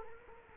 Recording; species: mosquito wingbeat signal from an infrared sensor; Culex quinquefasciatus